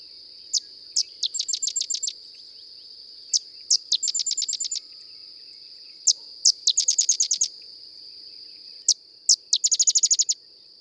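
Bird song of high, sharp notes: two separate notes, then a quick, even trill, repeated about every three seconds over a steady high-pitched hum.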